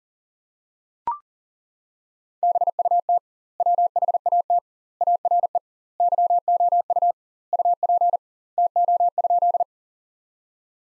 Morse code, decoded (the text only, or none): BUT WHAT ARE YOU UP TO?